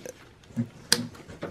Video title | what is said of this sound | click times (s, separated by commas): HP Pro 3500 Gaming Upgrade Video Card SSD RAM PSU | and you're going to hear two clicks when you install the memory properly you're going to hear two clicks | 0.9 s